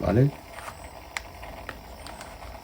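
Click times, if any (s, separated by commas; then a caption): 1.2 s. A plastic part is worked onto a plastic Renault 5 SRS slot car model by Exin while someone talks briefly at the start. A few light plastic ticks follow, and the part snaps into place with a small, sharp click at 1.2 s, seating it on the car.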